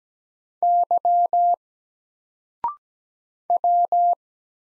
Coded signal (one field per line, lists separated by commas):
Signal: Morse code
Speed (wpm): 17 wpm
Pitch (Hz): 700 Hz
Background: none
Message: Y W